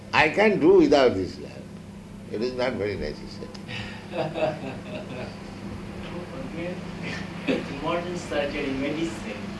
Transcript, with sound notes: I can do without this lamp. It is not very necessary. [laughter]
The modern science is medicine.